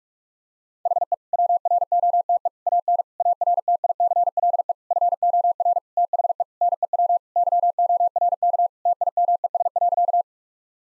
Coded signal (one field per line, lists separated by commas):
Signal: Morse code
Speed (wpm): 46 wpm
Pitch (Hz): 700 Hz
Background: none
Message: HE WROTE AN ARTICLE FOR THE NEW YORK TIMES.